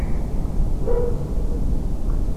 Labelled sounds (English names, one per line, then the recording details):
none
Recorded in France